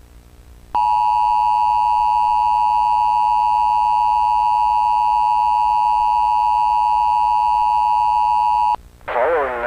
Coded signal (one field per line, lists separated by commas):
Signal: Emergency Alert System (SAME) tones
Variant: 853 and 960 Hz attention tone